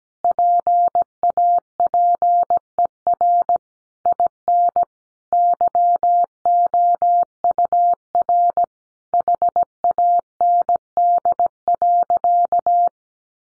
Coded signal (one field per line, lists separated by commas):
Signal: Morse code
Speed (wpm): 17 wpm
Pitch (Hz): 700 Hz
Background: none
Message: PAPER IN YOUR HAND.